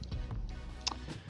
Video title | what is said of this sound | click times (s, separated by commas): MEXIPRIME REVIEW TRANSFORMERS GENERATION 1 BUMBLEBEE REEDICIÓN EN ESPAÑOL | es sencillo y se traban | 0.9 s